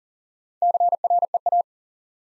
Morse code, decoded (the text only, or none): CREA